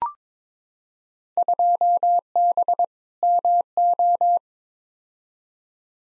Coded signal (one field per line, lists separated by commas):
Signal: Morse code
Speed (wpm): 22 wpm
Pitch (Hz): 700 Hz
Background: none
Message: 2B MO